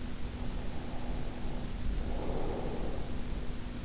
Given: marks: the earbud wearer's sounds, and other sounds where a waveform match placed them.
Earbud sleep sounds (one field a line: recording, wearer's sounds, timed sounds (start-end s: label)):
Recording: sounds in sleep by an in-ear microphone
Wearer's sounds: breath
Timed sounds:
0.32-3.50 s: breath